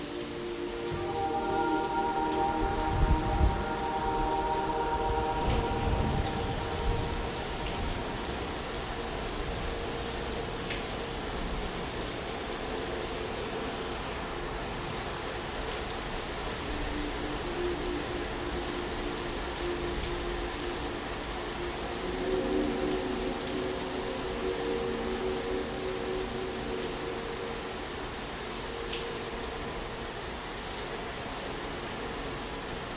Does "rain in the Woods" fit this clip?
yes